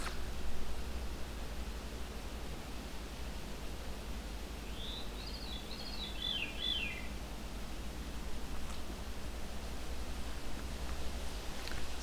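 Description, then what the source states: Veery song: one fluty phrase of rolling notes spiralling downward for about two seconds, over a steady low rumble. A single bird in a swamp by a small pond, in thick cedar, birch and black spruce; sounds close but not projecting loudly.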